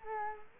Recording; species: mosquito wingbeat signal from an infrared sensor; Culex quinquefasciatus